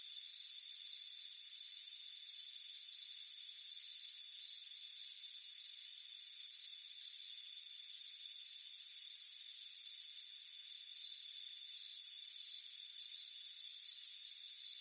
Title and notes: Soothing Crickets Chirping Sound. It's a warm afternoon as you relax in a hammock on the front porch. Relax and fall asleep to the soothing sound of chirping crickets. Deep Sleep Sounds